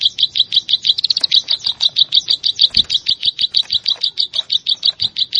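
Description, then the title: Plain Prinia song: a fast, steady run of high, sharp repeated notes, roughly three per second, with a brief quicker stutter near the start. "Ciblek Sawah"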